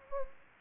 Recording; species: mosquito wingbeat signal from an infrared sensor; Anopheles gambiae